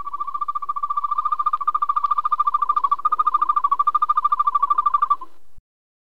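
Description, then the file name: European green toad giving a sustained, rapid pulsed trill, like a musical purr, lasting about five seconds before stopping abruptly. "grønbroget-tudse"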